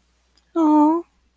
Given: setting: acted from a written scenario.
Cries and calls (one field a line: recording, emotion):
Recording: vocal sound without words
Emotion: adoration